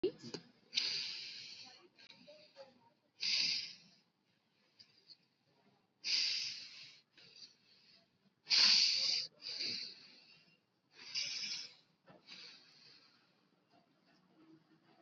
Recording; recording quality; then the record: deep breathing; excellent, no background noise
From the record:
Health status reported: COVID-19 positive, mild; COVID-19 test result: positive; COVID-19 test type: RT-PCR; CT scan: not taken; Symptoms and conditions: cold, sore throat, fever, fatigue, muscle pain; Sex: male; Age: 36 years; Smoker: no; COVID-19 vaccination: both doses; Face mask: worn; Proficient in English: yes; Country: India